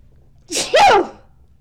Sneeze.